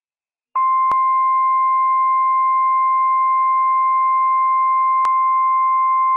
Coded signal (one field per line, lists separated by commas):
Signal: Emergency Alert System (SAME) tones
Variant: 1050 Hz attention tone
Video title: Great Shakeout Failure - WWF56 - EAS #186 - 10:23 AM PDT 10/21/21